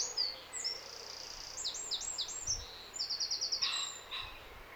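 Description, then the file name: Eurasian wren sings quick, shrill notes and a fast rattling trill, with two low thumps in the background. "Troglodytes troglodytes"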